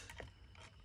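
A Nerf Kitsune toy blaster is yanked out of its plastic holster, with the nubs on the blaster's sides riding past the small latches inside the holster. A sharp click is heard at 0.2 s, followed by a fainter tick. The blaster comes free of the holster.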